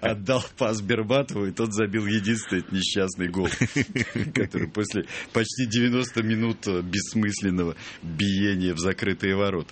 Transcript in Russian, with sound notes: отдал пас Бербатову, и тот забил единственный этот несчастный гол. (СМЕЮТСЯ) Который после почти 90 минут бессмысленного биения в закрытые ворота.